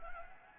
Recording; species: mosquito wingbeat signal from an infrared sensor; Anopheles arabiensis